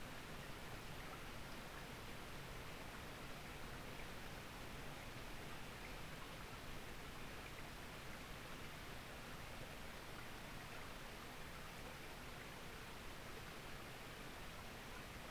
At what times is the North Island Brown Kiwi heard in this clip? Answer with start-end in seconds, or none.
none